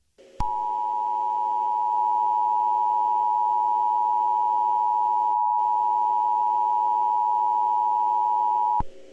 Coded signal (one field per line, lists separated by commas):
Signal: Emergency Alert System (SAME) tones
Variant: 853 and 960 Hz attention tone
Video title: EAS Mock - 2010 Zombie Warning recreation in 2020